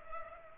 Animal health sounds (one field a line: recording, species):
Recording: mosquito wingbeat signal from an infrared sensor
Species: Culex pipiens